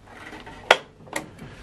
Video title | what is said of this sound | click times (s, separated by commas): Mattel Wrestling Wrekkin Ambulance Slambulance 1:12 Vehicle Action Figure Review & Comparison | it in and you can kind of hear it click into place once | 0.7 s